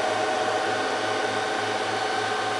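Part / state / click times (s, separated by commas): hot-swap power supply module into server chassis bay / not seated / none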